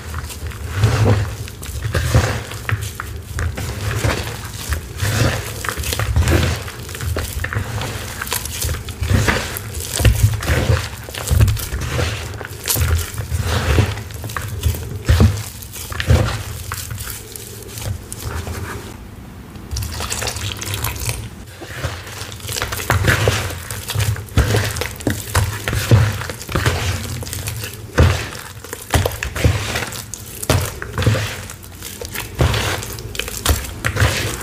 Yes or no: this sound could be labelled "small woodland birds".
no